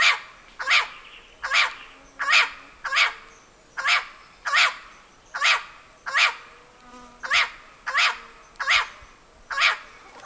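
Bird calls: many short harsh notes repeated at a steady pace over a quiet background.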